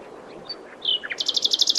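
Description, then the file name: Common nightingale song: a few brief whistled notes, then a fast, loud, evenly pulsed trill repeating to the end. "Luscinia megarhynchos"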